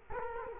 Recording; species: mosquito wingbeat signal from an infrared sensor; Culex quinquefasciatus